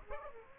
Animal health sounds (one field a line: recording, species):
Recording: mosquito wingbeat signal from an infrared sensor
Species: Aedes aegypti